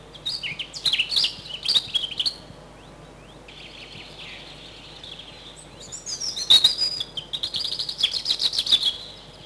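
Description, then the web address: European robin song in two long phrases of high, liquid, rapidly changing notes and trills with a quiet gap between them. Spring recording. "vremena vesna zarjanka"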